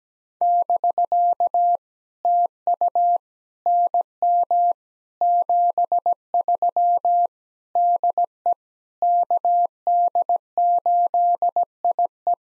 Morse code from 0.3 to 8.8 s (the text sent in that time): <BK> TU NM 73 DE